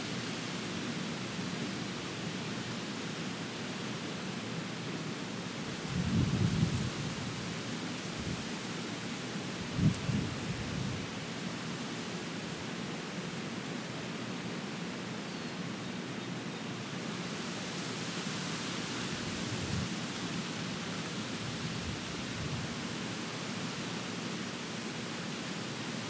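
Wind blows through trees in a steady, dense rush, with a low rumble underneath. Stronger low thumps of gusting air hit around six to seven seconds and again near ten, with softer swells later. The hiss brightens slightly after seventeen seconds.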